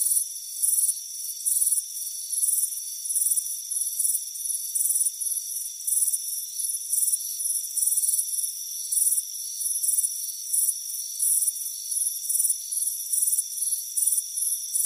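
Crickets give rapid, high-pitched chirp pulses layered over a constant whining insect hum.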